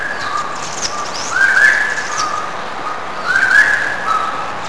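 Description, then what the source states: Bird calls: a steady mid-pitched whistled note with a brighter, rising phrase recurring roughly every two seconds, over a constant noisy background. Brazil, 2005; species unknown.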